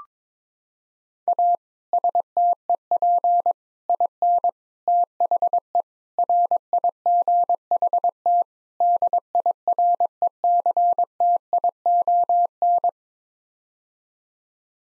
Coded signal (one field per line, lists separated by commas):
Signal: Morse code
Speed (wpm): 22 wpm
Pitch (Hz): 700 Hz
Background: none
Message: A STEP IN THE RIGHT DIRECTION